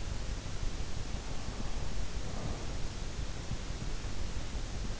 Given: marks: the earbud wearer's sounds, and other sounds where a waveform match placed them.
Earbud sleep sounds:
sounds in sleep by an in-ear microphone; breath
1.22-2.94 s: breath

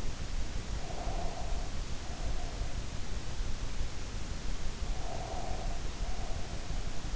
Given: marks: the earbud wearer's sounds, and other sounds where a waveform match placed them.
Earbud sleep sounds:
sounds in sleep by an in-ear microphone; breath
0.83-2.91 s: breath
4.86-7.16 s: breath

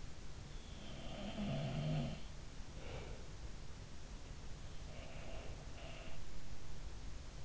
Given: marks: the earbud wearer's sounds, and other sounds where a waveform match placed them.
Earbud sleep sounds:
sounds in sleep by an in-ear microphone; breath
1.02-2.12 s: sound from someone else or the room
2.66-3.39 s: breath
4.81-6.23 s: sound from someone else or the room

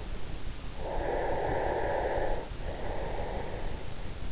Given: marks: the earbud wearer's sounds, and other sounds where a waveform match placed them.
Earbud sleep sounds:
sounds in sleep by an in-ear microphone; breath
0.72-3.86 s: breath

